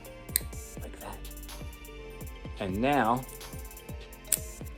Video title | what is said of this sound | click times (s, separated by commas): OFF THE CUFF COOL BEANS! | listen for the click like | 0.4 s